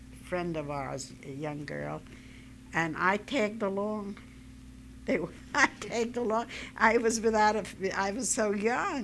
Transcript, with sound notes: friend of ours, a young girl. And I tagged along. (she laughs) They were, I tagged along. I was without a, I was so young.